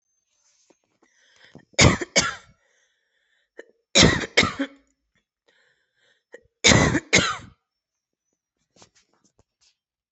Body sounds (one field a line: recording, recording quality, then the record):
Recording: shallow voluntary cough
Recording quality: excellent, no background noise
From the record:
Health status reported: recovered from COVID-19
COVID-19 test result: positive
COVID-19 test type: RT-PCR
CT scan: not taken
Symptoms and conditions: cough, cold, sore throat, muscle pain, diabetes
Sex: female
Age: 42 years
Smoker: no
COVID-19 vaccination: both doses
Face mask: worn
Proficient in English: yes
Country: India